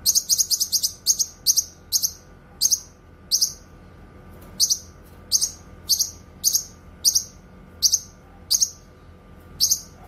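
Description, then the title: Streaked spiderhunter giving sharp, high chipping notes, first in a quick run, then singly or in short clusters separated by short pauses. Bird singing actively, clear and long; used for tutoring other birds. "Pijantung Gunung Gacor Jernih Panjang"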